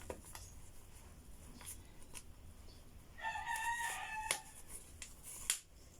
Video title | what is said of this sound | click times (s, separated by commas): CLOTH DIAPER BOUGHT AT AIMERIE | Yan. Narinig niyo po narinig niyo po yung click. | 4.3 s, 5.5 s